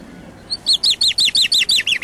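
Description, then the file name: Common chaffinch song: a rapid run of about eight bright, downslurred notes, each sweeping sharply from high to lower pitch, delivered evenly after a soft introductory note. "chaffinch record from Thorpe"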